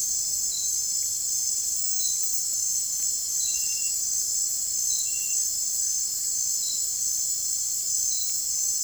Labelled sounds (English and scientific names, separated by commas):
none